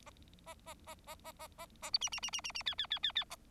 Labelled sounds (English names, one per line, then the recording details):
Bengalese Finch song
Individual Bird4